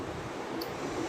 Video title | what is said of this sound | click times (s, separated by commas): The Porsche Project Ep. 02 - Spark Plugs and Spark Plug Wires | that little click. And that little click means you got to the bottom of the thread. | 0.6 s